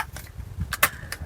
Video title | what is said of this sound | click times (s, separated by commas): "Ucuz ve Şık: Karavanımıza Ekonomik Ön Perde Nasıl Taktık?" | Evet şimdi tık sesi geldi | 0.8 s